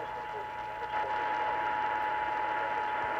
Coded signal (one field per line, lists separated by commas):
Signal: Emergency Alert System (SAME) tones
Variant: 853 and 960 Hz attention tone